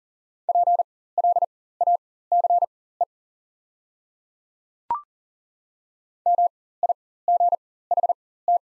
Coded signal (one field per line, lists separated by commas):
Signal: Morse code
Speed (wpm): 40 wpm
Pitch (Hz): 700 Hz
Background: none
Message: PLACE MIGHT